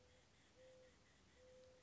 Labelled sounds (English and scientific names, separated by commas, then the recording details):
Mourning Dove (Zenaida macroura)
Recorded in Sonoma County, California